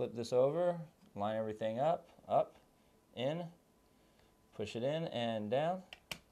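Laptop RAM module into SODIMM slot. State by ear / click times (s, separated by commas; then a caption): seated / 6.1 s. Someone talks while a second SODIMM RAM module, part of a 16 GB upgrade, is lined up, pushed into the slot of a 2012 13-inch MacBook Pro and pressed down. At 6.1 s the retaining clips give a sharp snap as the module seats and locks in.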